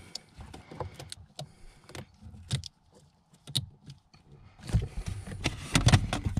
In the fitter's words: there we go, it's locked into place.